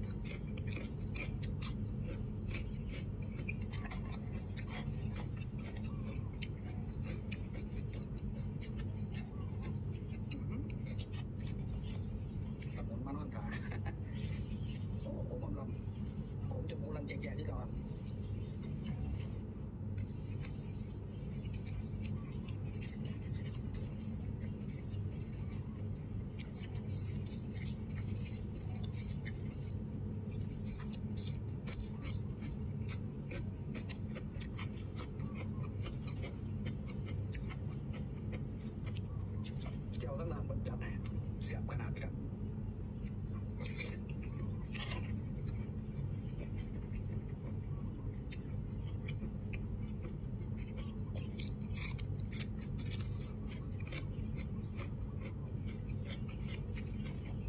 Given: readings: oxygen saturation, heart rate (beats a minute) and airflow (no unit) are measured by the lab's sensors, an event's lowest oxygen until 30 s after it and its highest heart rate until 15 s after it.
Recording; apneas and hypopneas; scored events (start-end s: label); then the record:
a person awake in a sleep study, by a smartphone at the bedside; none
0.00-57.49 s: awake
From the record:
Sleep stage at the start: awake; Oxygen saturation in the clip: 94 to 95%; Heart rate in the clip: 72 to 78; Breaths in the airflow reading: 13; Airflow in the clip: -3.2 to 4.3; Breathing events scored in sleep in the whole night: 131 in 7.2 hours asleep